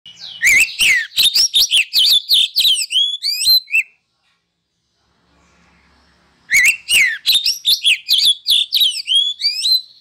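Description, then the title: Oriental magpie-robin song: loud, rapid bursts of whistled, sweeping notes and harsh clicks, about four seconds long, then a pause before another equally lively burst. Masteran (training) recording of a kacer, played to provoke other kacer into singing vigorously (gacor). "Masteran Kacer Yang Sukses Memancing Kacer Gacor Sampai Jadi Juara"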